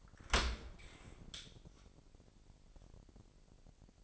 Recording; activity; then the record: daily activity, microphone in the room; open dishwasher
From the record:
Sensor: 5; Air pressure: 1000.6 hPa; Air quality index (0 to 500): 248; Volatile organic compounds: 34 ppm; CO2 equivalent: 3047 ppm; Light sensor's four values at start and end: 31/70/28/26 and 31/71/28/27